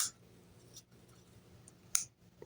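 The blade of a Remington BackWoods Lockback (15682-2) folding knife is opened, and its lock bar snaps into the blade tang notch with a sharp click at 2.0 s, among a few fainter ticks near 0.8, 1.7 and 2.4 s. The lock snaps but does not fully engage, giving a sloppy lockup that needs cleaning.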